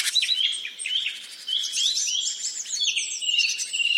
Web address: cantando na floresta dos urais colecao de cantos de passaros